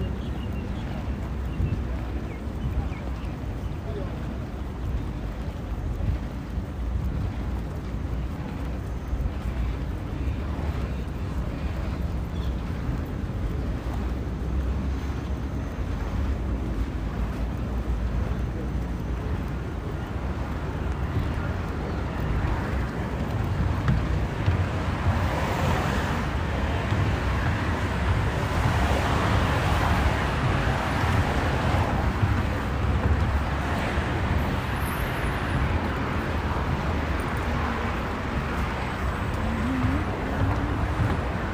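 A continuous ride sound, like a bus or metro in motion, with a heavy low rumble that never lets up. The roar is dense and steady, swelling somewhat louder and brighter from about 25 seconds, with rushing air noise over the top throughout.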